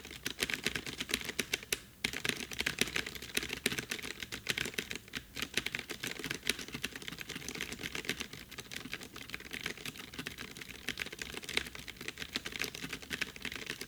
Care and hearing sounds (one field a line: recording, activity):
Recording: daily activity, guitar pickup as the sensor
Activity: type